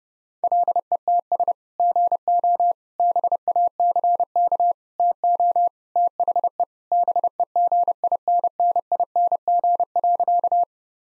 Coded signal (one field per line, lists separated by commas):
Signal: Morse code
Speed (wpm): 32 wpm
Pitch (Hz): 700 Hz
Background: none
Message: LETS GO BACK TO THE BEGINNING.